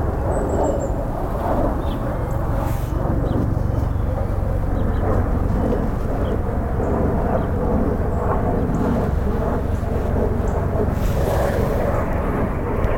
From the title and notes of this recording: Fort Tryon Park, NYC INaturalist observation Sound recording. Other sounds of air traffic (a tourist helicopter over the Hudson and commercial jet flyover), park noise, etc.